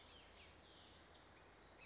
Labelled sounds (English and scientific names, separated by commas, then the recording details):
California Towhee (Melozone crissalis)
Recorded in Sonoma County, California